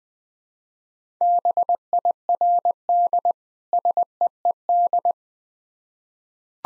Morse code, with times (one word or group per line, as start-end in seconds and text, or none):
1.2-3.3 BIRD
3.7-5.1 SEED